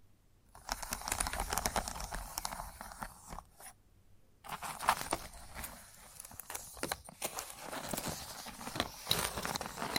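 Chalk scratching and tapping against a hard surface, with dense, gritty scraping strokes that sound bright and raspy. Sharp taps punctuate the scraping throughout. The sound drops out almost completely at the start and again briefly around 4 seconds before resuming.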